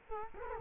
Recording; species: mosquito wingbeat signal from an infrared sensor; Culex quinquefasciatus